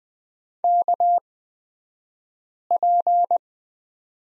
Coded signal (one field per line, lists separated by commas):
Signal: Morse code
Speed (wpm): 20 wpm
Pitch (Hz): 700 Hz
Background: none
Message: KP